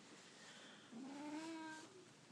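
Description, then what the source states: Domestic cat meowing once, a low drawn-out meow that rises slightly over about a second, against a steady hiss. Manx cat named Stubby meowing while his owner pets him; he doesn't like to be touched.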